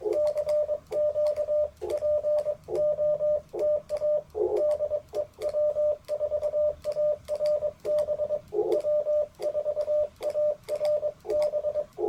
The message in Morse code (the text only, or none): CQ POTA DE W4ARB W4ARB